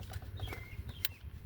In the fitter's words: you hear it snap just like that.